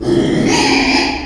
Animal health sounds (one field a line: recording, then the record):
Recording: squeal of a Yucatan mini pig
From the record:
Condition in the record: after surgery on the right vocal fold (resection and tissue-engineered implant)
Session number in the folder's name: 2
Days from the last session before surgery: 13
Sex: male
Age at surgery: 12 weeks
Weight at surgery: 13 kg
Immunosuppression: cyclosporine, prednisolone